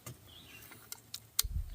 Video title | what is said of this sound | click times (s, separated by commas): Agawa ADK26 Convertible Hatchet Axe - Mixed Feelings For My Use Case | U you feel a positive clack when they snap into place I like that a lot | 1.4 s